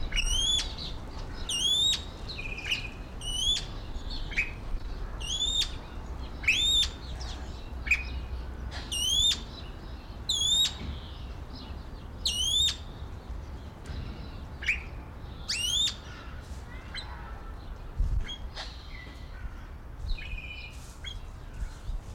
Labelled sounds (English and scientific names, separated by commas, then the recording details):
Golden Pheasant (Chrysolophus pictus) call
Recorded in captivity
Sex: male
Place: Zoo Berlin, Berlin, DE
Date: 1993-03-20 11:11
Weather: 5-8° C, böiger Wind
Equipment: Marantz CP 430, Sennheiser ME 80, Kopie Uher Variocord 263
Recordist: Tembrock, Günter
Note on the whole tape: Subad. Männchen: Lang- und Kurzlaute